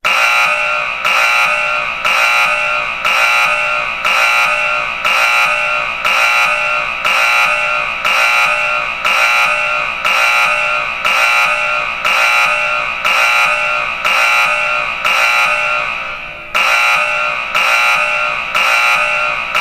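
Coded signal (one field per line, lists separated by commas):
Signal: alarm pattern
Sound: harsh buzzing alarm pulses repeating about once per second, roughly 19 in total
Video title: Sound of smoke alarm beeping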